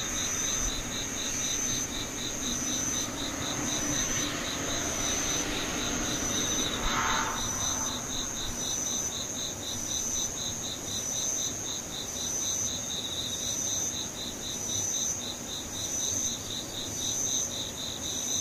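Insects call steadily throughout, one voice pulsing in quick, even beats at a high pitch while a thinner, higher trill repeats in short bursts. Beneath them runs a constant low rumble, like distant traffic, with a brief swell around seven seconds.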